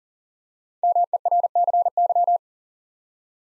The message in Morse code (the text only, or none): MERCY